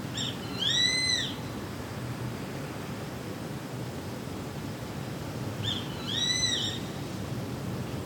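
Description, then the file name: Grey-faced buzzard calls, two clear whistled notes, each rising then falling in a smooth arch, about five seconds apart, over a steady low background hiss. "sashiba"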